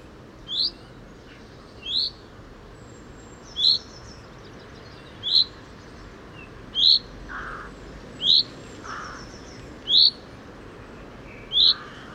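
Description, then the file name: Common chaffinch calling steadily: eight sharp, rising notes roughly every one and a half seconds, with faint lower sounds in between. "Fringilla coelebs"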